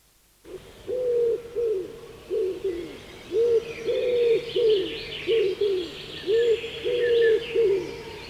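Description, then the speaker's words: Common Wood Pigeon song: deep, soft hooting coos in short rhythmic phrases, repeated steadily; thin chirping of other birds faintly in the background. Deep muffled hooting often mistaken for an eagle owl; common in southern and central Finland; feeds in forest clearings and fields; nests in young spruces; breeds into late summer. "Monet luulevat, että huhuilija on huuhkaja, mutta se on sepelkyyhky."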